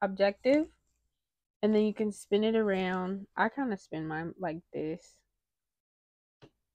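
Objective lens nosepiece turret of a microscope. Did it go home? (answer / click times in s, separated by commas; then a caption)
yes / 6.4 s. Someone talks while rotating the objective nosepiece turret of an Amscope B120C microscope from the 4x to the 10x objective. After a pause, a short, faint click at 6.4 s marks the turret detent seating as the 10x lens indexes into place.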